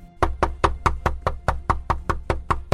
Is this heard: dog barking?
no